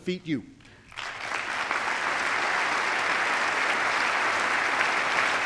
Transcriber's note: applause